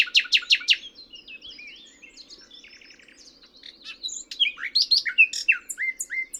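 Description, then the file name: Common nightingale song opening with a loud fast rattle, followed by soft rapid twittering and then sharp, varied whistled chirps repeated energetically. "Luscinia megarhynchos"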